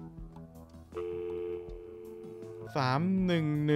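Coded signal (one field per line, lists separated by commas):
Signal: telephone call progress tone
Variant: North America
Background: speech, music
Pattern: dial tone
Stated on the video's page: Tone heard in the game Please Don't Touch Anything 3D.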